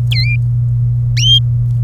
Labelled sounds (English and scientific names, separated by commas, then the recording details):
Domestic Canary (Serinus canaria) song
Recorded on 27 April 2018 at 12:53
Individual llb3